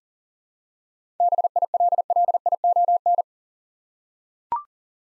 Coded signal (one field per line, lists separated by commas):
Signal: Morse code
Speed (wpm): 37 wpm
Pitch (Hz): 700 Hz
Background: none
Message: BILLION